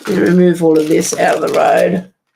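A thin metal cutting die is handled near the front of a plastic embossing folder, where it will be pressed on until it snaps into its locating slots. Someone talks for about two seconds, then the sound stops. The die has not clicked or seated into the folder yet.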